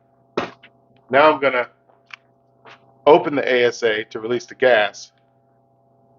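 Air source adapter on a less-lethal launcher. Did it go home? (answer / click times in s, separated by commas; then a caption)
no / none. Someone talks while handling the air source adapter (CO2 adapter valve) on a less-lethal launcher, opening it to release the gas after the gas tank has been unscrewed. Brief sharp handling sounds occur around 0.4 s and 2.1 s between the speech. The adapter is handled but not yet home: nothing has seated or clicked yet.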